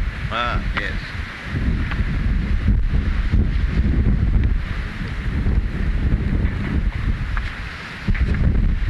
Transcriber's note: heavy wind blowing